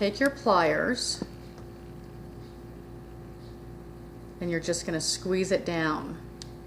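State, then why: Seated. A plastic T-tap splice connector is squeezed shut over a wire with pliers while someone talks. A single sharp click sounds at 6.4 s as the connector snaps closed and latches onto the wire, seated.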